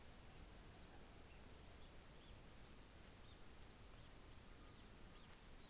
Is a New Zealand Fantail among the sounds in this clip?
no